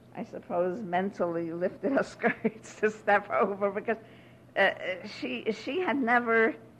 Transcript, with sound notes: I suppose mentally lifted (she laughs) her skirts to step over because she had never